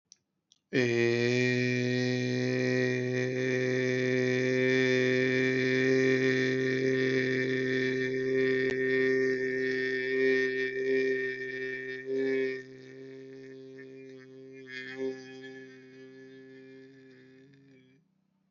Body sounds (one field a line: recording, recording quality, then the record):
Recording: sustained vowel as in made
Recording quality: excellent, no background noise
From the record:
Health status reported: exposed to COVID-19, no respiratory illness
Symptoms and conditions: none ticked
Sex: male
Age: 36 years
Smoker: yes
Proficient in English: yes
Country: India